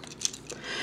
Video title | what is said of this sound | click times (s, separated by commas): Mini Tobot Evolution Y Review (by Young Toys 또봇) | you take the chest you know clip into place and then | 0.2 s